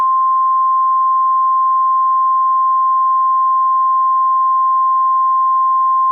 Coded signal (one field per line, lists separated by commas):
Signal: Emergency Alert System (SAME) tones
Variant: 1050 Hz attention tone